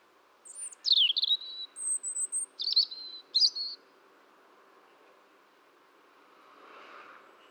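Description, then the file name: European robin gives a short burst of high, sweet whistles and twittering trills lasting a few seconds, followed by quiet background hiss. "Erithacus rubecula"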